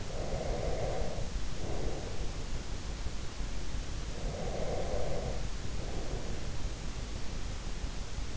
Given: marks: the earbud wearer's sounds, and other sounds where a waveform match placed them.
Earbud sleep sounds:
sounds in sleep by an in-ear microphone; breath
0.00-2.35 s: breath
4.02-6.47 s: breath

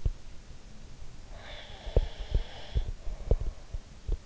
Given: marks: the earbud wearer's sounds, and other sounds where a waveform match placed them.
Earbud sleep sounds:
sounds in sleep by an in-ear microphone; breath
1.32-3.79 s: breath
1.87-4.21 s: sound from someone else or the room

